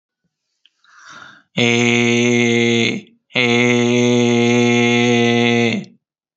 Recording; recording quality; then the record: sustained vowel as in made; excellent, no background noise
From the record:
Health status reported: healthy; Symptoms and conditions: none ticked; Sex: male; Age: 33 years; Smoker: not ticked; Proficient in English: yes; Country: India